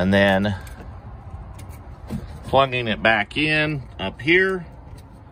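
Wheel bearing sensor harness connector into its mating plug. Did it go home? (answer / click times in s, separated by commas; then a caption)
no / none. During a front wheel bearing and CV axle replacement on a 2007–2013 GMC Yukon Denali, the wheel bearing sensor harness connector is handled as it is brought up on the frame to be plugged back into its mating plug. Someone talks over low background noise. Nothing has seated or clicked yet.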